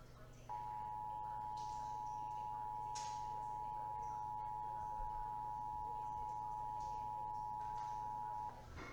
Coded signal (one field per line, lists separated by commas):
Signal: Emergency Alert System (SAME) tones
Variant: 853 and 960 Hz attention tone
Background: speech